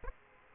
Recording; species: mosquito wingbeat signal from an infrared sensor; Aedes aegypti